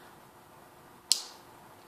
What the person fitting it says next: you hear it click